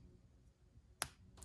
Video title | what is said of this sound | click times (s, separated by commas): Knipex Pliers Wrench Jaw Protectors / It Matters What Model Wrench You Have! #tools #knipex #pliers | you can hear that pop it's | 1.0 s